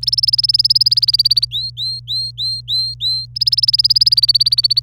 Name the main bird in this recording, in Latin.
Serinus canaria